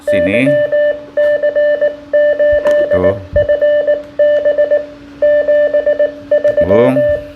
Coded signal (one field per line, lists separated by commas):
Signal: Morse code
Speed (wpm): 19 wpm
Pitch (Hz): 590 Hz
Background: speech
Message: YC8FB 73